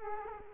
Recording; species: mosquito wingbeat signal from an infrared sensor; Culex quinquefasciatus